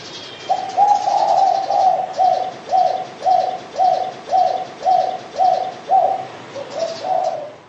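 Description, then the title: Pigeon cooing, a low soft hooting note repeated about twice a second in a steady series, with faint high hiss in the background. "Canto Da Pomba"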